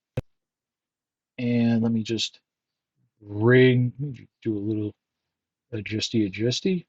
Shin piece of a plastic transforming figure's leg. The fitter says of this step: I'm sorry The Shins they they do like to pop